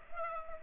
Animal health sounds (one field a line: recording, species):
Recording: mosquito wingbeat signal from an infrared sensor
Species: Culex pipiens